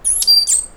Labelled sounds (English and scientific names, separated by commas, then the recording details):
Stitchbird (Notiomystis cincta) song
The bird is a male
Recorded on Tiritiri Matangi Island, New Zealand, in 2005
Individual 1, of nest box 1